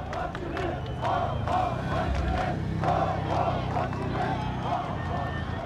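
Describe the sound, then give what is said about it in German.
A protest crowd in Berlin, held under security restrictions, chants slogans together, a loud, dense mass of voices rising in rhythmic surges, punctuated by sharp shouts and occasional clattering. “Das war aufgrund der Sicherheitsvorkehrungen freilich nur ein schwacher Abklatsch dessen, was in diesen Jahren sonst auf Berlins Straßen zu hören war.”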